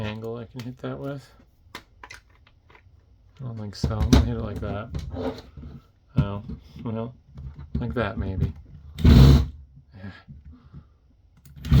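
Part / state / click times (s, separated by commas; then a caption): small screw in an AC power adapter housing / stripped / 11.5 s. During the teardown of a Superer BX-195169000 19.5V 330W laptop AC adapter, someone talks while trying a screwdriver at an awkward angle on a small screw in the plastic housing, with a few short taps and ticks between the speech. At 11.5 s the bit slips with a sharp click and strips the screw head.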